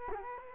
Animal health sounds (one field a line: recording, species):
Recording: mosquito wingbeat signal from an infrared sensor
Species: Culex quinquefasciatus